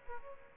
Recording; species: mosquito wingbeat signal from an infrared sensor; Aedes aegypti